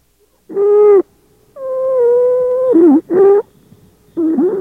Stridor comes from obstruction of central airways such as the trachea or larynx.